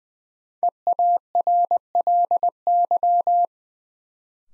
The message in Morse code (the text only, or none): EARLY